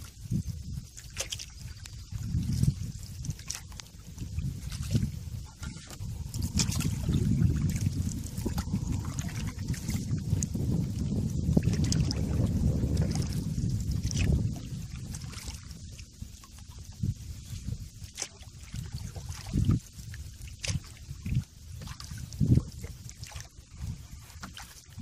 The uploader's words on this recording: Canoe In River. A CANOE IN LAZY RIVER.